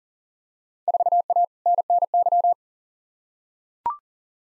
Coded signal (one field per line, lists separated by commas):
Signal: Morse code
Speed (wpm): 40 wpm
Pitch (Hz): 700 Hz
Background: none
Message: 4A NNY